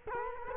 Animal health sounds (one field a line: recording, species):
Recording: mosquito wingbeat signal from an infrared sensor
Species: Culex quinquefasciatus